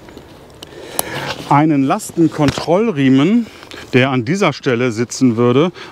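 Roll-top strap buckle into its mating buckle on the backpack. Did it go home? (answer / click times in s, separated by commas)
yes / 1.0 s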